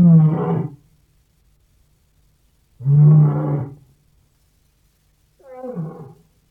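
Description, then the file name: Lion giving three deep, rough roars spaced a couple of seconds apart, the last one shorter and weaker than the first two. "Golosa ptic i zverei - Lev"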